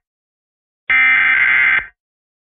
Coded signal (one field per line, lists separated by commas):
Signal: Emergency Alert System (SAME) tones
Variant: header bursts